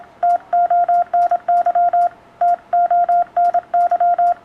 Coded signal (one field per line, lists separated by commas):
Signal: Morse code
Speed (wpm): 24 wpm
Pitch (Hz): 700 Hz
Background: none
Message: TONY TONY